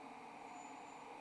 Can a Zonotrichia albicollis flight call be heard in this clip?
no